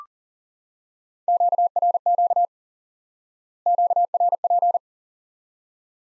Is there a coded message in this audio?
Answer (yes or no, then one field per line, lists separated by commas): yes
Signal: Morse code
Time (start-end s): 1.3-4.8 s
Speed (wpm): 40 wpm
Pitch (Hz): 700 Hz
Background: none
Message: QRQ QRP